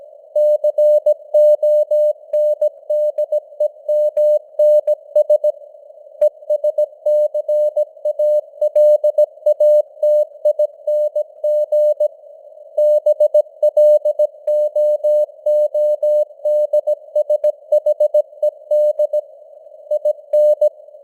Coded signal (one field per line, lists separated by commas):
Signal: Morse code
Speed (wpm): 17 wpm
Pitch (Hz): 600 Hz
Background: none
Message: CONDEMNS ESCALATING BLOODSHED IN